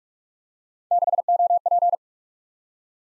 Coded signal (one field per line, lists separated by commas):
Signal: Morse code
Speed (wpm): 44 wpm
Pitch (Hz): 700 Hz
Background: none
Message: 6OP